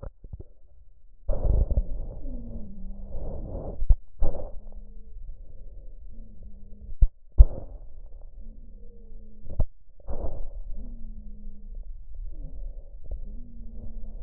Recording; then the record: lung sounds by stethoscope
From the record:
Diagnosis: emphysema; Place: left posterior upper chest